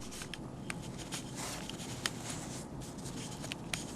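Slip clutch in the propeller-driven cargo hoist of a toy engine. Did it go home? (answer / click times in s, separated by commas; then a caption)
yes / 0.3 s, 0.7 s, 2.1 s, 3.5 s, 3.7 s. The propeller of a toy crane vehicle is turned past the end of its cargo hoist's travel, and the hoist's small plastic slip clutch disengages, so a child over-turning it won't harm the toy. Sharp, light clicks sound at 0.3, 0.7, 2.1, 3.5 and 3.7 s over faint shuffling and handling noise. This confirms the clutch slips and clicks when over-turned.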